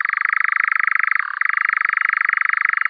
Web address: Caprimulgus europaeus